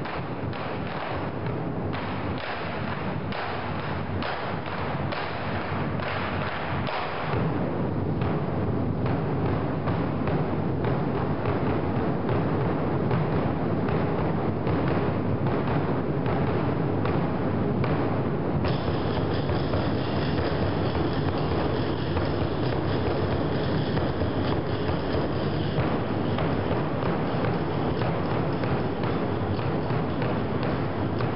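A drum performance of rapid, heavy beats that fill the whole space with a deep, booming roll. The pounding grows denser and louder after about seven seconds and stays relentless, with a slight change in tone near the eighteen-second mark.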